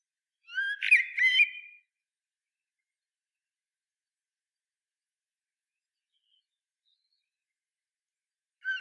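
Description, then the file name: Common blackbird delivering one rich warbling phrase with a scratchy high ending, then a long silence before another phrase begins at the very end. "Turdus merula"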